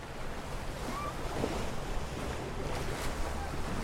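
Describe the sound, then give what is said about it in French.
A small boat glides along an underground river, the water rushing and lapping in a steady, dense wash of noise with no voices, holding an even level throughout. “Leurs efforts mettent à jour un couloir étroit et très pentu, menant jusqu'à une barque amarrée au bord d'une rivière souterraine.”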